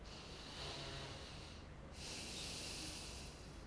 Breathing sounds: one breath in and out by a microphone near the nose and mouth; deep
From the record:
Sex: male

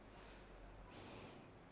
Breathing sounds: one breath in and out by a microphone near the nose and mouth; normal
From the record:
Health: marked as sick, illness not named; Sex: female

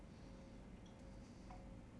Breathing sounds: one breath in and out by a microphone near the nose and mouth; normal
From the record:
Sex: male

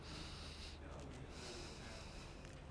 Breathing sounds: one breath in and out by a microphone near the nose and mouth; deep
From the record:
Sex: male

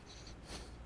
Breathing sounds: one breath in and out by a microphone near the nose and mouth; strong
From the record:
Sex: male

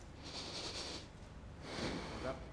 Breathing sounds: one breath in and out by a microphone near the nose and mouth; deep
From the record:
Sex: male

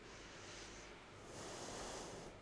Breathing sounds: one breath in and out by a microphone near the nose and mouth; deep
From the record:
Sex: female

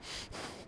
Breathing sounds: one breath in and out by a microphone near the nose and mouth; strong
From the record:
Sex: male

